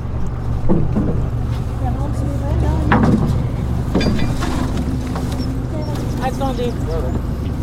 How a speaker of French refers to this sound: nous emmènent en annexe vers leur bateau, en godillant, ferme.